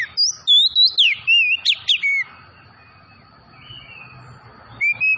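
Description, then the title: Oriental magpie-robin song: loud clear whistles sliding between mid and high pitch in quick varied phrases, then a pause and a final rising whistle; faint background hum. Tretes variety of the bird, singing vigorously (gacor). "Kacer Tretes Gacor"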